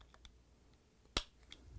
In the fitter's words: I guess you heard the click. That means it's in.